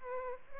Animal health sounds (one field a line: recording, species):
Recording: mosquito wingbeat signal from an infrared sensor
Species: Aedes albopictus